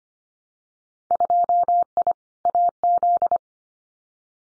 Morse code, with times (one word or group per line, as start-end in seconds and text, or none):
1.1-2.1 2I
2.5-3.4 AZ